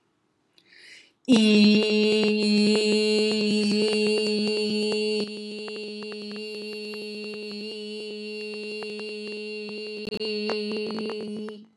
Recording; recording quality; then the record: sustained vowel as in beet; excellent, no background noise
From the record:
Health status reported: healthy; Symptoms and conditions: asthma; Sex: female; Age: 40 years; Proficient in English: yes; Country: India